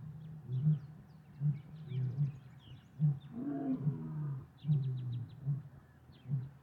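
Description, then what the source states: Lion grunting, a series of short low grunts. Lions recorded in savannah.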